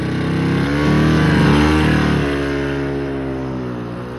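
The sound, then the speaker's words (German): The engine of an old junk used car runs with a low, rough harmonic drone, swelling into a brief rev about a second in before settling back to a steady idle. No one speaks. “Die haben mir eine Schrottkarre angedreht, einen Müll, einen ganz, ganz dummen Automüll.”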